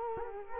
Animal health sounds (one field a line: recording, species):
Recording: mosquito wingbeat signal from an infrared sensor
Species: Culex quinquefasciatus